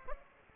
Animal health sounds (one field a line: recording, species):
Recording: mosquito wingbeat signal from an infrared sensor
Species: Aedes aegypti